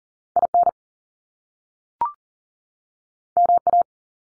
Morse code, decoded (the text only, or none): IN MA